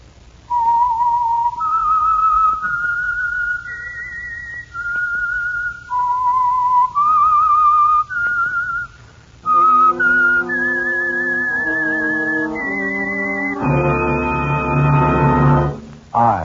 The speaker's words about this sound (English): And for Sunday evening listening pleasure, the signal to listen for is this whistle that identifies the Signal Oil Program, The Whistler.